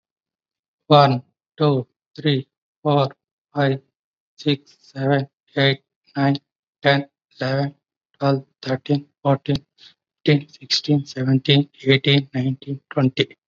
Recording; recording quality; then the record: counting at a normal pace; excellent, no background noise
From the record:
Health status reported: COVID-19 positive, moderate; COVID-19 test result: positive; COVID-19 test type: RT-PCR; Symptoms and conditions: cough, fever, fatigue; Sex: male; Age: 46 years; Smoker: no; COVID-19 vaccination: both doses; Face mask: worn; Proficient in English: yes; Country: India